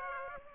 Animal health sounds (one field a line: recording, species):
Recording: mosquito wingbeat signal from an infrared sensor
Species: Aedes aegypti